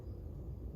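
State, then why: Not seated. A greased caliper slide pin from a 2012–2014 Toyota Camry is handled at its rubber-booted bore in the brake caliper bracket. Only a steady low-frequency rumble is heard, with no distinct hits. Nothing has seated or clicked yet.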